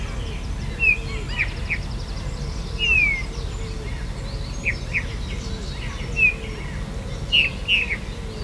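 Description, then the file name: Eurasian bullfinch calls: soft descending whistled notes, one drawn out, others short and irregularly spaced, over other birds and a low rumble. "Pyrrhula pyrrhula"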